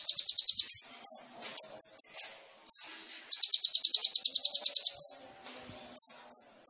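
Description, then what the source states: Sunbird song: quick bursts of bright, high ticking trills alternating with short sharp chips and swept notes. Masteran for cage songbirds, full song with fills (isian) and bursts (tembakan), described as gacor, used as a lure (pancingan).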